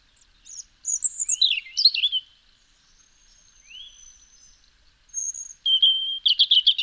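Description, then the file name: European robin giving varied high, thin warbled phrases, with a long faint sustained whistle and an upward slur in a pause, then a bright trilled burst. "Erithacus rubecula"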